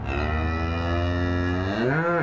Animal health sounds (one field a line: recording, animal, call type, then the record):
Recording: contact call of a hoofed animal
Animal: cattle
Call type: low-frequency (closed-mouth) or high-frequency (open-mouth) call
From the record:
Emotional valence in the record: negative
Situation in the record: full separation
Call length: 2.3 s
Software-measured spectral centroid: 1450 Hz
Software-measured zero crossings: 1350 a second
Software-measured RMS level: -24 dBFS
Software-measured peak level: -11 dBFS